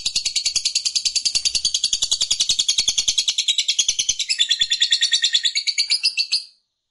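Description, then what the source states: Lovebird singing a long, rapid, high chatter of pulsed notes, about three per second, shifting slightly lower in pitch near the end before stopping abruptly. Fighter-type lovebird singing energetically in the gacor style.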